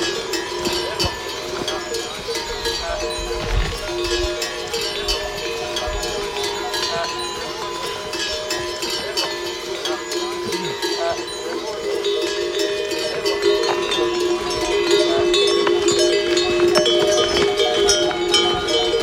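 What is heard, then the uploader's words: A layered mountain-trail soundscape: dense, overlapping bells ring steadily throughout, like cowbells on passing pack animals, with a constant bright jangle over a low rumble. Faint voices appear now and then, and the whole scene grows slightly louder after about fifteen seconds. From Lukla to Everest Base Camp & Kalapathar. A Soundscape composition using geo-located recordings chronologically depicting my hike up to Everest Base Camp during Sep./Oct.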